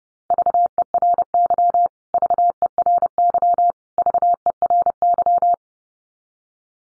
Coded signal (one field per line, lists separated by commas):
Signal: Morse code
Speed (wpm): 30 wpm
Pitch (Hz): 700 Hz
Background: none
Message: VERY VERY VERY